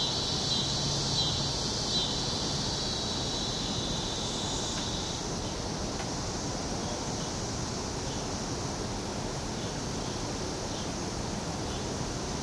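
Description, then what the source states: Periodical cicadas droning in a continuous high chorus, a steady hiss with a brighter whine fading after a few seconds, over low background rumble. 17-year cicada, recorded 2 July 2007 at 5:26 pm.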